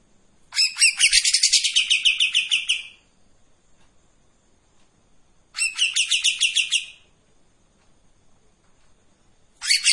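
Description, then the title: Streak-eared bulbul singing in bursts: a long, rapid, buzzy rattle of high notes lasting over two seconds, then silence, then a shorter burst, another beginning at the end. Sings energetically in tembakan and long besetan styles; intended as a training song for white-rumped shamas. "KAPAS TEMBAK GACOR TEMBAKAN DAN BESETAN PANJANG MASTERAN MURAI BATU PASTOL"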